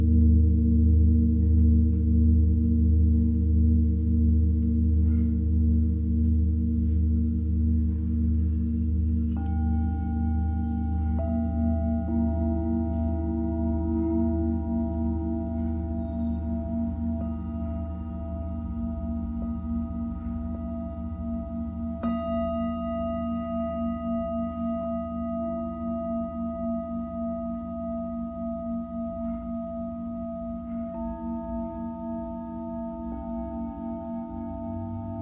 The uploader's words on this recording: Tibetan Singiing Bowl のサウンドヒーリングチャンネル LIVE.